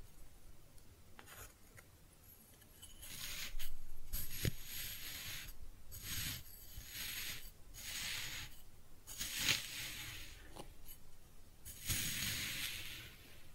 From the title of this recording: Kinetic Sand Cutting and Scooping Sounds